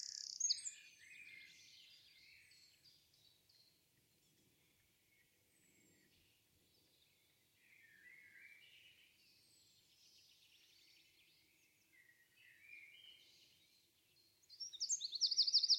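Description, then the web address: Bird song: a loud twittered burst at the start, faint scattered chirps through the middle, then a loud, rapid high trill at the end. "cianscape birddata Deverinetal 2025"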